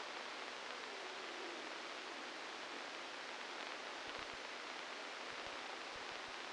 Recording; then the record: brain microelectrode recording played as sound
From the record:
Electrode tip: inside the subthalamic nucleus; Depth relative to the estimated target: 2 mm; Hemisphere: left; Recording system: NeuroSet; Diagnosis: Parkinson's disease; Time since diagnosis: 12 years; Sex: male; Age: 61 years